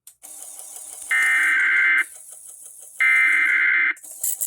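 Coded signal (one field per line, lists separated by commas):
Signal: Emergency Alert System (SAME) tones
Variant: header bursts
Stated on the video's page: NOAA Weather Radio required weekly tests, three in a row.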